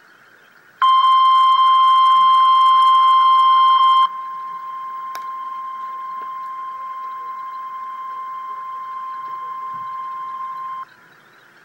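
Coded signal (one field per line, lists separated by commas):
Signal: Emergency Alert System (SAME) tones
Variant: 1050 Hz attention tone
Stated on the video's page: Real Severe Thunderstorm Warning EAS alert.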